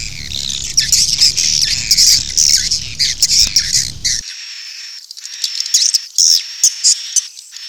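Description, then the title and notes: Swiftlet chirping calls, a dense flurry of high, thin twitters and squeaks, with a low rumble under the first half that then drops away. Asia; sound used in swiftlet farming to attract the birds. "Swiflet Bird Sound. Farming Swiflet Bird asia sound"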